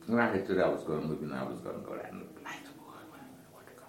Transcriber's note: whispers